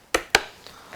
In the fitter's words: mount the blade, it goes in the middle, it snaps into place